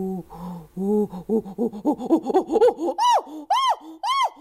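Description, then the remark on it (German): A chimpanzee call sequence: low, breathy hoots that speed up and climb in pitch, building into several loud, high shrieking screams at the end. “Da gibt es Flüstern und Lachen, das Klagen der Babys und die lauten Rufe quer durchs Tal, bei denen jeder seinen eigenen Klang hat.”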